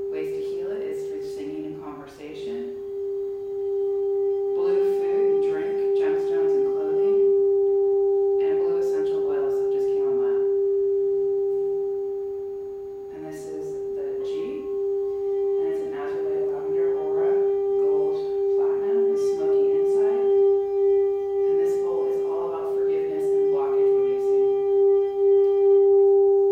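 A sound bath with a pure, steady ringing tone that holds unbroken through the whole clip, a fainter higher tone above it. Over it, a voice talks in phrases, pausing briefly around two, eleven to thirteen, and twenty seconds.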